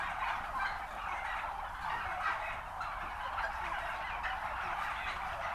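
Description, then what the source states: Turkeys gobbling in a dense, continuous flock chorus of overlapping rattling calls with no clear breaks. Recorded at a turkey farm.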